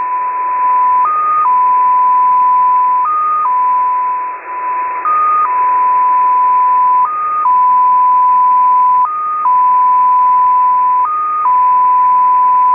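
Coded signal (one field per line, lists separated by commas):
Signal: multi-tone FSK (Olivia or MFSK type)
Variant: XPA2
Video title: XPA2 Data Mode 07/10/2023 1500 UTC 13906kHz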